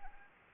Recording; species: mosquito wingbeat signal from an infrared sensor; Anopheles arabiensis